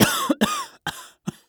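A series of four wheezy coughs from an adult male, each short and harsh, the first two carrying a whistling, wheezy tone.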